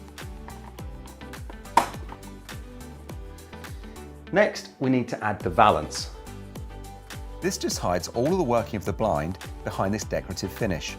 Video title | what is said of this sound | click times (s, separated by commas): How To Fit Wooden Blinds - 247 Blinds | one after the other you'll feel them click into place when they're locked | 1.8 s